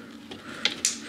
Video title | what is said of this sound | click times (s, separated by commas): Audi Q7 LED Headlight Install | there I just heard it snap into place | 0.6 s, 0.9 s